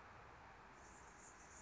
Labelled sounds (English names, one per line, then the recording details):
Anna's Hummingbird
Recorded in Sonoma County, California